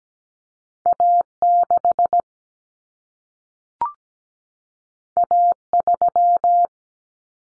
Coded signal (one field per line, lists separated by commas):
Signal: Morse code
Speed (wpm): 17 wpm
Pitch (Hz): 700 Hz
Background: none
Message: A6 A3